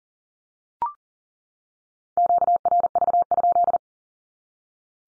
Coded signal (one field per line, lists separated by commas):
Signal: Morse code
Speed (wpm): 40 wpm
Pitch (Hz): 700 Hz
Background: none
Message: QRV?